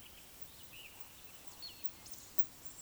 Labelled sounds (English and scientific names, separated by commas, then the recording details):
Eurasian Woodcock (Scolopax rusticola) whistle, Eurasian Woodcock (Scolopax rusticola) croak
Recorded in Baden-Württemberg, Germany, on 11 June 2021 at 19:54 UTC
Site 24608, 624 m above sea level